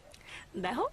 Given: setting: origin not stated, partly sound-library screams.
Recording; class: one-second piece from a danger detection set; normal situation